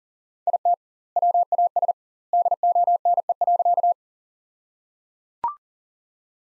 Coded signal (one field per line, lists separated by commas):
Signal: Morse code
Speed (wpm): 37 wpm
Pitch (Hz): 700 Hz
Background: none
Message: IT WAS DONE.